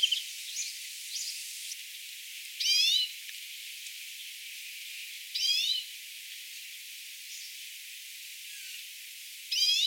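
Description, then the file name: European greenfinch wheezy calls, three drawn-out nasal notes with wavering pitch, spaced a few seconds apart, with soft chirps in between. "Chloris chloris"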